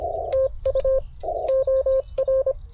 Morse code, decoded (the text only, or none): TU OR